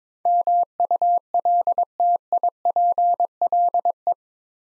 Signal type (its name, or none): Morse code